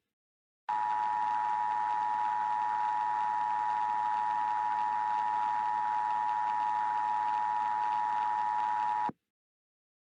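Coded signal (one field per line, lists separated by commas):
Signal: Emergency Alert System (SAME) tones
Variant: 853 and 960 Hz attention tone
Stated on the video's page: Simulated EAS scenario of an overdue solar strike.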